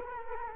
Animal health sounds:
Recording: mosquito wingbeat signal from an infrared sensor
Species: Culex quinquefasciatus

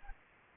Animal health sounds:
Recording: mosquito wingbeat signal from an infrared sensor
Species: Anopheles gambiae

